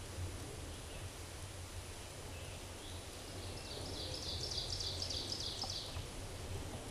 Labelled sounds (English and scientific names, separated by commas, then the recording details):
Ovenbird (Seiurus aurocapilla) song
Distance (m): 40 m
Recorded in a Pennsylvania forest on 17 May 2023 at 13:22
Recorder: AudioMoth, point grid1_30_low
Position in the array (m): 150 m, 54 m